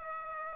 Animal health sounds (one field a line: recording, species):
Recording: mosquito wingbeat signal from an infrared sensor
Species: Aedes aegypti